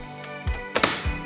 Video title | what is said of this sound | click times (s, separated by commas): Axis Vent Installation Tip | And then you can hear that click. | 0.8 s